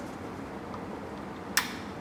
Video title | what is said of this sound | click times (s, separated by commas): How to Build a Ford 302 Small Block - Part 4: Putting Pistons In! | we go you know it's in its home when you hear that little click so that's how you install one of these circlips | 1.6 s